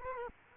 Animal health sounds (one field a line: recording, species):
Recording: mosquito wingbeat signal from an infrared sensor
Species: Culex quinquefasciatus